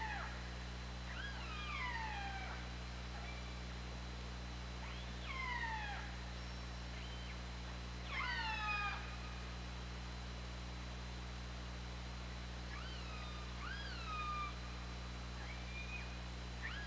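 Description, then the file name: Killer whale calls in several spaced bouts, harmonic cries swooping down then levelling, separated by quiet stretches of low constant hum. Recorded on the OrcaLab hydrophone, 24 August 2017, at 20:23. "Orca Lab UTLN JASON 20170824"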